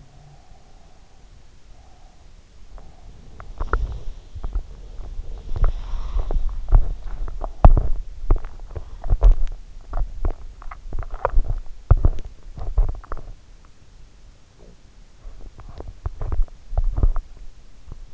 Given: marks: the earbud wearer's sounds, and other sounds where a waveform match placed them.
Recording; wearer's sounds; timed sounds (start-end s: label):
sounds in sleep by an in-ear microphone; breath, body movement
0.00-2.39 s: breath
2.65-18.14 s: body movement
5.53-6.50 s: breath